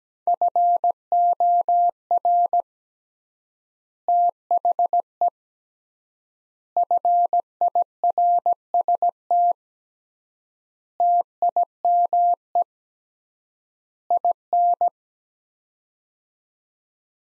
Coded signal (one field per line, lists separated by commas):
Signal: Morse code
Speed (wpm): 17 wpm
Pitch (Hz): 700 Hz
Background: none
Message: FOR THE FIRST TIME IN